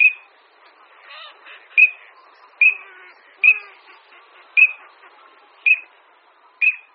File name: Čírka-obecná